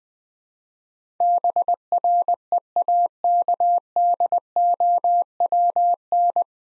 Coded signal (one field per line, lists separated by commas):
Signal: Morse code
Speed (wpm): 21 wpm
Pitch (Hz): 700 Hz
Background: none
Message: BREAKDOWN